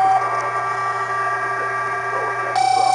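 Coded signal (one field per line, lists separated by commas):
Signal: PSK31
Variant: BPSK31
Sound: several faint steady warbling tones at once, then a stronger tone joins near the end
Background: radio static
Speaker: there's a guy calling CQ we'll respond to him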